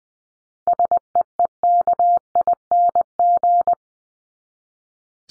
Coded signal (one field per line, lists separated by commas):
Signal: Morse code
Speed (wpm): 20 wpm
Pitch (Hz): 700 Hz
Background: none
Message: SEEKING